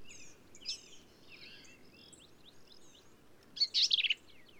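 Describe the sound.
Black-capped vireo song: one quick, harsh, jumbled phrase near the end, after faint, thin chattering bird notes in the background.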